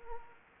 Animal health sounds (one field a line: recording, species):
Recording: mosquito wingbeat signal from an infrared sensor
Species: Anopheles gambiae